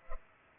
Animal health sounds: mosquito wingbeat signal from an infrared sensor; Culex pipiens

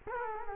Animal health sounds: mosquito wingbeat signal from an infrared sensor; Culex quinquefasciatus

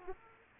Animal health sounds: mosquito wingbeat signal from an infrared sensor; Aedes aegypti

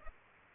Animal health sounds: mosquito wingbeat signal from an infrared sensor; Aedes aegypti

